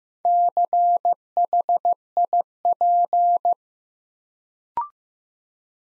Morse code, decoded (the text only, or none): CHIP